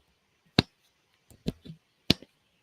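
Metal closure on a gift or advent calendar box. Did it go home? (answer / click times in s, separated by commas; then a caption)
yes / 0.6 s, 2.1 s. A fancy advent calendar box with a metal closure is slid and snapped shut twice, giving sharp, bright clicks at 0.6 s and 2.1 s, with quieter rustling taps in between. Each time the metal closure clicks firmly shut with a good, crisp click.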